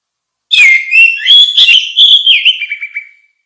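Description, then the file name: Orange-headed thrush song: one continuous warbled phrase of varied whistles trailing off into quick repeated notes. "suara kicau burung anis merah"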